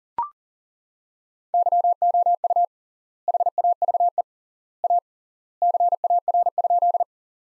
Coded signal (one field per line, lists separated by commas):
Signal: Morse code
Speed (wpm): 37 wpm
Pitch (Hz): 700 Hz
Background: none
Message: YOU HAVE A CAR?